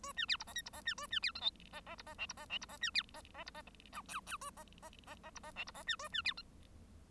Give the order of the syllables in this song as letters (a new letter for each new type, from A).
A B C D E F D E B A B C G H E E D E I D E I D E B C E E D E J K K A E E E E D E I D E B A B C G